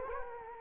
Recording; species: mosquito wingbeat signal from an infrared sensor; Anopheles arabiensis